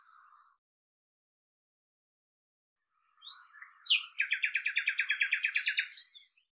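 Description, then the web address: Common nightingale song: a faint note, a pause, then a few introductory notes and a long fast trill of repeated notes with a final high flourish. "cianscape birddata Deverinetal 2025"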